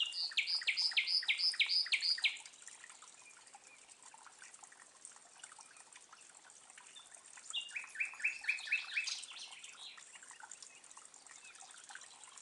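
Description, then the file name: Common nightingale singing two phrases, each a fast series of about six to eight repeated sharp notes, separated by a pause of several seconds with a steady background hiss. "Luscinia megarhynchos"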